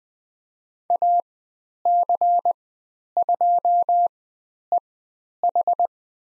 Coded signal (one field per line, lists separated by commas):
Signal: Morse code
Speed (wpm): 20 wpm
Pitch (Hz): 700 Hz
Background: none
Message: AC2EH